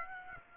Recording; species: mosquito wingbeat signal from an infrared sensor; Aedes aegypti